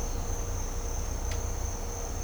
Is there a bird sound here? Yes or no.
no